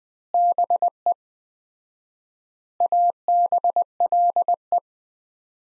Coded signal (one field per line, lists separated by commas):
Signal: Morse code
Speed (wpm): 20 wpm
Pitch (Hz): 700 Hz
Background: none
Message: BE ABLE